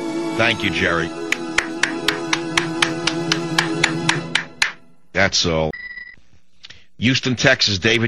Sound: claps